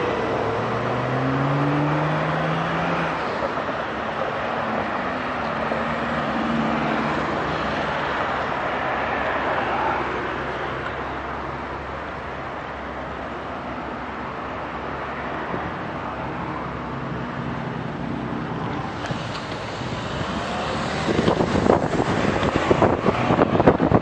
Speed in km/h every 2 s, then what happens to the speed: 0, 0, 0, 0, 0, 0, 0, 0, 8, 13, 18, 21.
0-14 standing. 14-24 pulls away to 21.